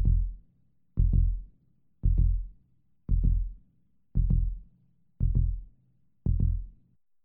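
Seven deep, regular lub-dub beats of a human heart in a hospital setting, each a close pair of low thumps, at about 57 beats a minute with little change in pace. It is a plain heartbeat, and no clear speeding up is heard in this stretch.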